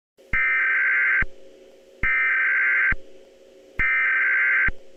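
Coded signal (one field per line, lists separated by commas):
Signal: Emergency Alert System (SAME) tones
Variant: header bursts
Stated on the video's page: Recreation of a 2010 zombie warning EAS mock with valid EAS tones.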